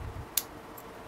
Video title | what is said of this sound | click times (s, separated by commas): Whats The Difference ? Profile Cylinder - Euro Cylinder - Lock Cylinder | rotate it around until we hear that click | 0.4 s